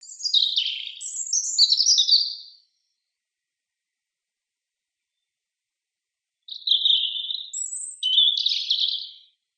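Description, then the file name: European robin giving high, thin twittering phrases with quick warbled notes, in two bursts separated by a silence of a few seconds. "Erithacus rubecula"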